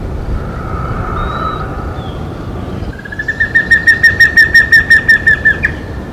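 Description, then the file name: Giant antshrike song: a rapid, evenly pulsed series of loud repeated notes running for nearly three seconds, preceded by faint whistled notes and steady background hiss. Recorded at Cantareira, São Paulo, Brazil, on 22 August 1997. "Batara-cinerea-PECantareira-SP-Brazil 22-8-97-ASilveira"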